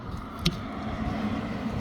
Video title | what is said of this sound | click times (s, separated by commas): 2021-2025 Chrysler Pacifica Wiper Blade Replacement. Front And Rear Wiper Replacement. | See? Snaps into place. | 0.5 s